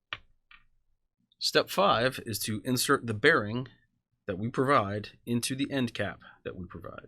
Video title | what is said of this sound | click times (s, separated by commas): Installation of Commando Free Spool Kit | it'll usually just snap in place that | 0.1 s